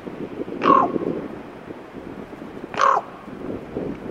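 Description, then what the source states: Common raven giving two short hoarse croaks about two seconds apart over a low background rumble. Teller, Alaska.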